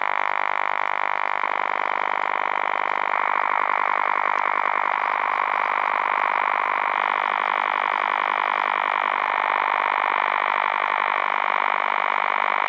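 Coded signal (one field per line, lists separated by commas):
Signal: radar signal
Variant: over-the-horizon radar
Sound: steady harsh buzzing drone made of rapidly repeating frequency sweeps, several per second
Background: radio static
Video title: OTH Radar on 16 Meter Broadcast Band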